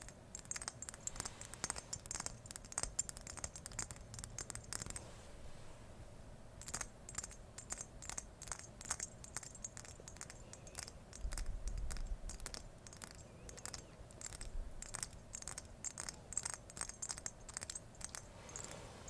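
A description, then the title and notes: Dense tapping and scratching sounds fill the recording, with rapid crisp clicks arriving in irregular bursts throughout. A brief quieter stretch around five to six seconds interrupts the activity, and a soft low rumble swells near the twelve-second mark. Ear to Ear tapping, scratching, brushing (No Talking).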